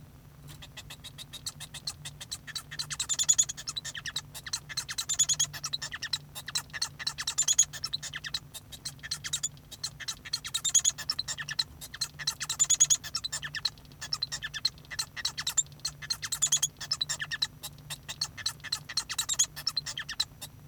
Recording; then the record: song of a male Bengalese finch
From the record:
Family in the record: son of father 1